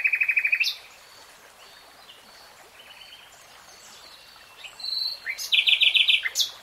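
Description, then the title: Nightingale song beginning with a fast machine-gun trill, a quiet gap with soft whistles, then another loud rapid rattle of repeated notes. Nightingale singing, recorded in real time. "[Tiếng chim hót] REALTIME Nightingale Singing"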